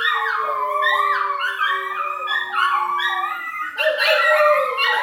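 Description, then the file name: Schnauzers howling in wavering, overlapping rising and falling tones, with a long steady lower howl beneath. Schnauzers howling together with a man howling along. "Man howling with his Schnauzers"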